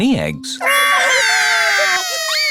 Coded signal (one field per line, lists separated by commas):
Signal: Emergency Alert System (SAME) tones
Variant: header bursts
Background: speech